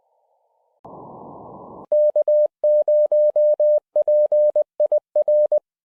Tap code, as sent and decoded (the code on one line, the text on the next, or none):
none